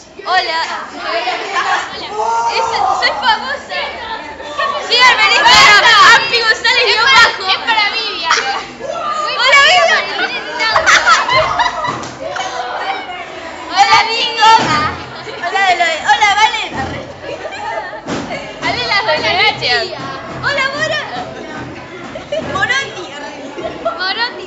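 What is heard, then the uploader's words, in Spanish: Children play and chatter in a classroom, several bright voices overlapping steadily with shouts and laughter, echoing slightly. Niños jugando. Capturaron sonidos del aula de 1º G. Escuela de Ciclo Básico Común(UNS). 16.27hs.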